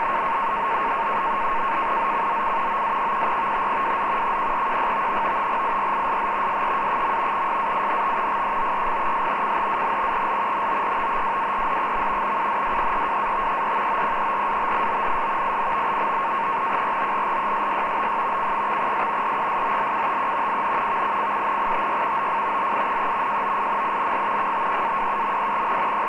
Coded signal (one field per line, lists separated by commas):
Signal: NAVTEX (SITOR-B)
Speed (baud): 100 baud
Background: radio noise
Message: ZCZC OA14 WZ 1416 IRISH SEA. SAINT GEORGES CHANNEL NORTHWARD. UNDERWATER OPERATIONS IN PROGRESS BY C/S RESOLUTE IN VICINITY OF LINE JOINING 53-27.0N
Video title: 518 Portpatrick NAVTEX with audio Tecsun AN 200 14112012